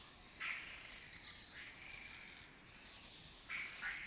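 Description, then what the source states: Lesser kestrel rasps: a short scratchy burst early and two more near the end, over a steady background hiss. Breeding colony in an abandoned building in Doñana; migratory raptor that forages in West Africa and breeds in southern Europe.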